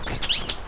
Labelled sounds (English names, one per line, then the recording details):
Stitchbird song
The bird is a male
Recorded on Tiritiri Matangi Island, New Zealand, in 2005
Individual 1, of nest box 1